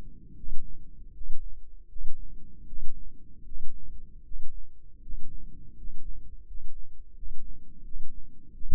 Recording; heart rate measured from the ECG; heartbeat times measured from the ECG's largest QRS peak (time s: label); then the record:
heart sounds by microphone in the left ear; 81 bpm
0.35 s: heartbeat
1.12 s: heartbeat
1.87 s: heartbeat
2.65 s: heartbeat
3.44 s: heartbeat
4.23 s: heartbeat
5.01 s: heartbeat
5.75 s: heartbeat
6.45 s: heartbeat
7.14 s: heartbeat
7.83 s: heartbeat
8.52 s: heartbeat
From the record:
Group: healthy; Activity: rest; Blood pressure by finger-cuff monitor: 110/71 mmHg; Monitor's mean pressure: 80 mmHg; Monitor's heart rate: 77 bpm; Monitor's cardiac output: 6.5 L/min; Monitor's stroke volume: 82 mL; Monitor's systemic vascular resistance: 910 dyn s/cm5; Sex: male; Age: 35 years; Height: 180 cm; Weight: 86.9 kg